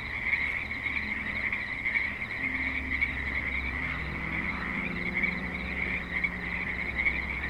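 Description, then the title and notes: Frog chorus of high overlapping trills continues as a vehicle engine drones and shifts pitch in the background. Frogs calling at a creek in suburban Spanish Springs, Nevada, with light traffic. "Frogs in Spanish Springs, NV - creek view. Frogs with light traffic and other suburban sounds"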